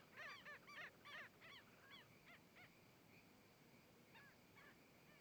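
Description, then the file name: Heron calls, loud rapid harsh notes at the start that thin out and fade, with only scattered calls later. Several herons recorded approaching, passing in front of the microphone and moving away. "Garcas se aproximando, passando em frente ao microfone e saindo"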